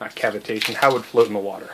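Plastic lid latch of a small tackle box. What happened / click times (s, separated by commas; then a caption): No latch click yet; the lid has not snapped shut / none. Someone talks while handling a small plastic tackle box holding fishing leaders and sinkers, about to close its plastic lid latch. Nothing has clicked or latched shut yet.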